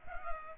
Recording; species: mosquito wingbeat signal from an infrared sensor; Culex pipiens